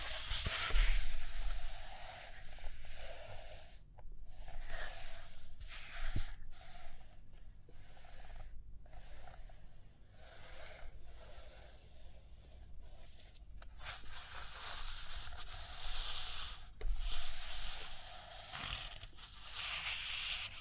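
Paper pages turn and shift with soft, bright rustling that swells and fades in irregular bursts, separated by brief near-silent gaps. A few light taps land along the way, one sharper knock near the start, over a faint low rumble.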